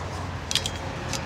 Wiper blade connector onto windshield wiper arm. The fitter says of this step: And it should click right into place.